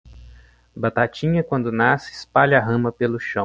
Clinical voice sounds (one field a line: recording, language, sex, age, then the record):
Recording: short text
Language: Brazilian Portuguese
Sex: male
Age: 20 to 29 years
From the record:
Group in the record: control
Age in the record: 29 years